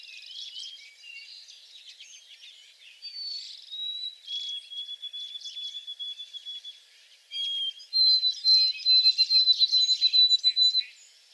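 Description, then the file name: White-throated Sparrow song: a long, pure, mid-pitched held whistle, then later a higher run of quick repeated whistled notes, amid soft chirps from other birds. Recorded on 28 April 2022 in back shrubs. "2022-04-28 White-throated Sparrow in back shrubs"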